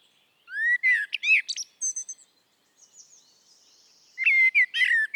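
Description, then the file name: Eurasian blackbird singing two phrases of fluty whistles and high squeaky chatter, a faint thin twitter between. "Turdus merula"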